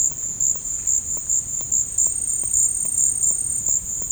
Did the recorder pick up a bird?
no